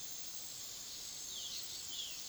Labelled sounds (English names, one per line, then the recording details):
Violaceous Jay
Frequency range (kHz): Violaceous Jay 2.0-5.2 kHz
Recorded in pastures near Puerto Asís, Putumayo, Colombia, on 19 February 2024 at 18:00
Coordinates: 0.497, -76.327
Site G7276